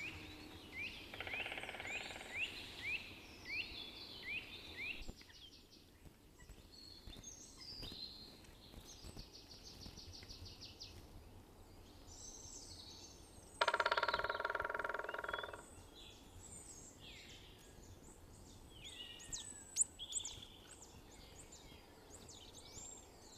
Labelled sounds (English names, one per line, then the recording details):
Black Woodpecker call
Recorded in the wild
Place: Kaiserslautern, Rheinland-Pfalz, DE
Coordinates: 49.4153, 7.83444
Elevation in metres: 342
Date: 1974-04-04
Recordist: Tretzel, Erwin